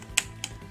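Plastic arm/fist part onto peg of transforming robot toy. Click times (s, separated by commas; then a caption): 0.2 s, 0.4 s. A plastic arm part of a Transformers Studio Series Sentinel Prime figure, with two folded arms joined and the fist gripping a plastic peg, is pushed upward onto that peg. Two loud, sharp snaps are heard at 0.2 s and 0.4 s. The part seats onto the peg.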